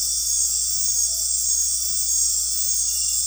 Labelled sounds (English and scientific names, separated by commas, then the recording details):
none
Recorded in dense forest near Puerto Asís, Putumayo, Colombia, on 13 March 2025 at 19:30
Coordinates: 0.503, -76.323
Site GP09